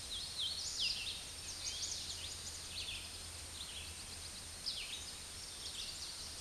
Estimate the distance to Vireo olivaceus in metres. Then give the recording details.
about 25 m. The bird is about 10 m above the microphone. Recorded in a Pennsylvania forest on 16 May 2024 at 07:18. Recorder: AudioMoth, point MSD-0398. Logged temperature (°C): 16.4 °C. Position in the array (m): 157 m, 66 m